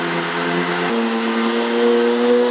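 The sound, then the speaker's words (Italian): A mechanical intonarumori noise machine, worked with ropes and cords, imitates a racing car engine of 1909 with a loud, steady buzzing drone whose pitch steps up abruptly about a third of the way in, then holds, with no voices. “Adesso a noi questo sembra un'automobile sembra la Formula 1.”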